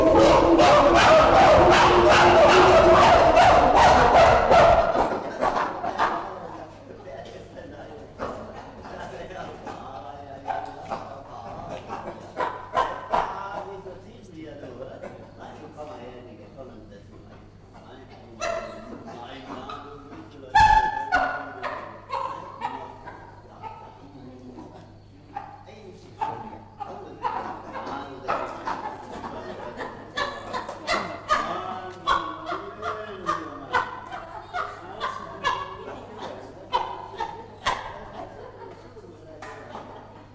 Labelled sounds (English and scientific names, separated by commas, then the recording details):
Chimpanzee (Pan troglodytes) call
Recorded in captivity
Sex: group
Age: adult
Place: Zoo Berlin, Berlin, DE
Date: 1958-12-02 16:00
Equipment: Vollspur
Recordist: Tembrock, Günter